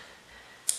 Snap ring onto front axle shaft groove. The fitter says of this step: and push it until you hear it kind of click into that groove maneuver the axle back and forth just make sure you're set